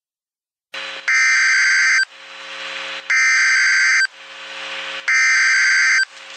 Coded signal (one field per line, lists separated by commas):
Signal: Emergency Alert System (SAME) tones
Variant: header bursts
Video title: Mount Rainier Eruption EAS Scenario